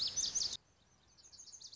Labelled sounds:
Lazuli Bunting (Passerina amoena)
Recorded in Sonoma County, California

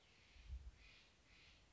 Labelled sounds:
Steller's Jay (Cyanocitta stelleri)
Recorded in Sonoma County, California

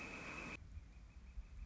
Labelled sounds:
Northern Flicker (Colaptes auratus)
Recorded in Sonoma County, California

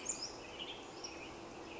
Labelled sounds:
Western Tanager (Piranga ludoviciana)
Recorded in Sonoma County, California

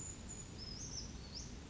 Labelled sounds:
Brown Creeper (Certhia americana)
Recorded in Sonoma County, California

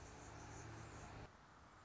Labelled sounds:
Anna's Hummingbird (Calypte anna)
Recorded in Sonoma County, California

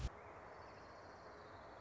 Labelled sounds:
Orange-crowned Warbler (Leiothlypis celata)
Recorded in Sonoma County, California

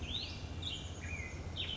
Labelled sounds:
Chestnut-backed Chickadee (Poecile rufescens)
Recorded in Sonoma County, California

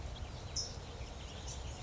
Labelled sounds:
California Towhee (Melozone crissalis)
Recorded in Sonoma County, California

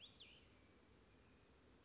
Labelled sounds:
Cassin's Vireo (Vireo cassinii)
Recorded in Sonoma County, California

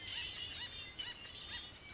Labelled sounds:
Acorn Woodpecker (Melanerpes formicivorus)
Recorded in Sonoma County, California

